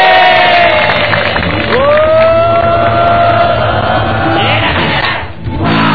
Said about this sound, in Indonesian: Dua kali lipat lebih keras. Ya, ya, ya. Kasih tepuk tangan, kasih suara. Yeay.